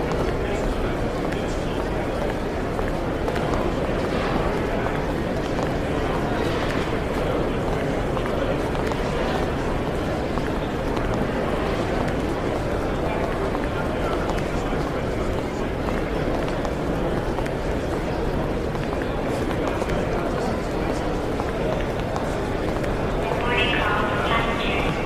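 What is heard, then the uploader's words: Airport ambience: a dense, steady wash of crowd murmur and low rumble that fills the whole stretch without pause. Voices blur together rather than standing out, and near the end a brief brighter tone, like a chime or announcement, rises above the hubbub. AIRPORT SOUNDS.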